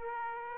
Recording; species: mosquito wingbeat signal from an infrared sensor; Aedes aegypti